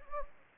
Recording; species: mosquito wingbeat signal from an infrared sensor; Anopheles gambiae